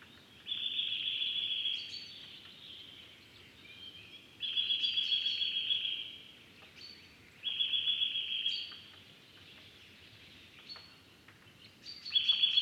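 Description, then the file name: Eurasian nuthatch calling in fast, even trills of a second or more, repeated every few seconds, over a faint continuous background hiss. "Sitta europaea"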